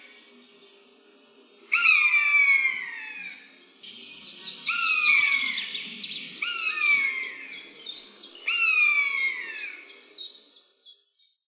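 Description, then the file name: Common buzzard calling four times with plaintive, falling mews, each about a second long, with higher chattering in the background from the second cry on. "myszolow"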